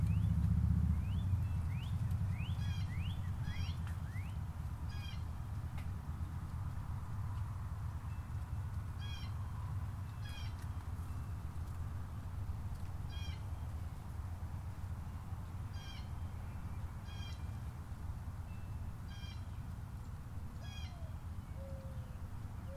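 Golf course ambience: a steady low rumble underneath, with short, bright, mewing bird calls repeating every few seconds throughout.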